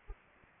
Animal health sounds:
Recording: mosquito wingbeat signal from an infrared sensor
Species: Anopheles arabiensis

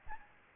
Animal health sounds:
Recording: mosquito wingbeat signal from an infrared sensor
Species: Aedes albopictus

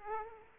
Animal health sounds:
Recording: mosquito wingbeat signal from an infrared sensor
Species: Aedes aegypti

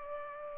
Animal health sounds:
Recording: mosquito wingbeat signal from an infrared sensor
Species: Culex pipiens

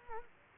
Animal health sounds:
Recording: mosquito wingbeat signal from an infrared sensor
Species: Culex quinquefasciatus

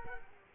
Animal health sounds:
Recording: mosquito wingbeat signal from an infrared sensor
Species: Culex quinquefasciatus

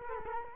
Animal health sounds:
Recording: mosquito wingbeat signal from an infrared sensor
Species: Culex quinquefasciatus

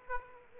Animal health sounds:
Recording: mosquito wingbeat signal from an infrared sensor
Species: Aedes aegypti

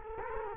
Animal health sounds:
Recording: mosquito wingbeat signal from an infrared sensor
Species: Culex quinquefasciatus

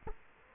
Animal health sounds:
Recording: mosquito wingbeat signal from an infrared sensor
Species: Culex quinquefasciatus

